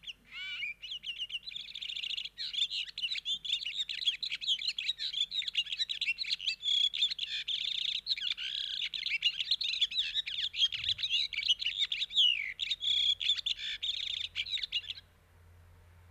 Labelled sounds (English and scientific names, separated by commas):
European Serin (Serinus serinus) song